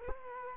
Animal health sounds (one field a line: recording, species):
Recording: mosquito wingbeat signal from an infrared sensor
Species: Culex quinquefasciatus